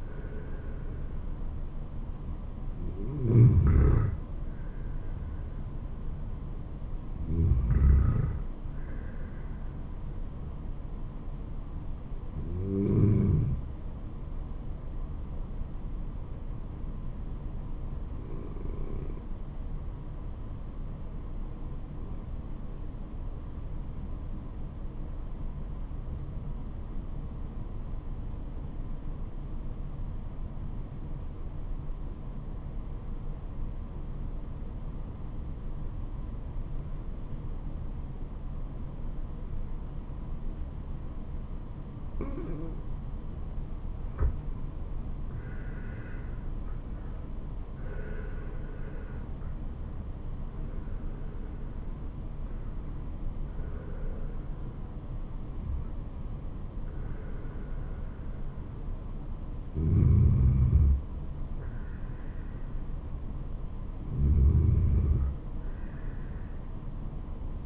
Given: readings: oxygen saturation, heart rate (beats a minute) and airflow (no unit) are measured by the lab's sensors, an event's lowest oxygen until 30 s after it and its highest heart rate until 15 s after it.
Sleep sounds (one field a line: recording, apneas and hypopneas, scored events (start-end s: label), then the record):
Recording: breathing in sleep by a smartphone at the bedside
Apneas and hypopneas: 1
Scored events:
12.00-42.00 s: new sleep stage, N2 (light sleep)
22.00-45.60 s: obstructive apnea (N2, oxygen 96% highest, then 85% lowest, heart rate 77 at the start, 78 highest)
42.00-67.66 s: new sleep stage, N1 (lightest sleep)
From the record:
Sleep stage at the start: N1 (lightest sleep)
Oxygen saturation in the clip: 85 to 96%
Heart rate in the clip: 70 to 78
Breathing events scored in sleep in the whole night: 426 in 7.4 hours asleep